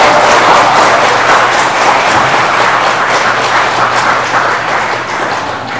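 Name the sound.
audience clapping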